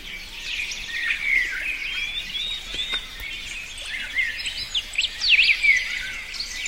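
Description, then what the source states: Birds singing, a chorus of high chirps and trills with quick whistled phrases. In a forest.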